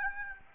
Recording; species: mosquito wingbeat signal from an infrared sensor; Aedes aegypti